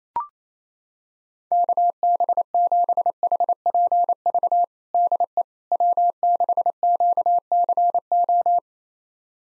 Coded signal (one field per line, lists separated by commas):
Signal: Morse code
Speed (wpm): 27 wpm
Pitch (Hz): 700 Hz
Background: none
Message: KB7HPV DE W6QCO